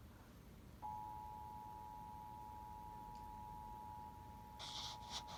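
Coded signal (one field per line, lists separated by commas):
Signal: Emergency Alert System (SAME) tones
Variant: 853 and 960 Hz attention tone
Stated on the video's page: Severe thunderstorm warning for Spotsylvania received on WTTG.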